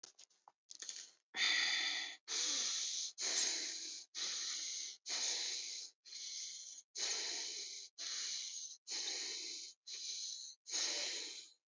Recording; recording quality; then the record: shallow breathing; excellent, no background noise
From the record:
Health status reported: healthy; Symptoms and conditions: none ticked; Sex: male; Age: 23 years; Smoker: not ticked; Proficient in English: yes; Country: India